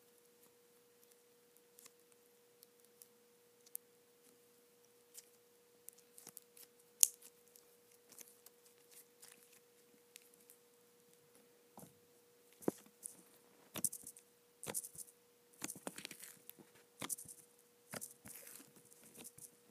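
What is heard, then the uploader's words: Soft putty being pressed and worked, heard as small sticky clicks and squelches, sparse at first and growing denser and busier after about twelve seconds. A steady, pure mid-pitched hum runs unchanged underneath the whole time. ASMR Soft Putty.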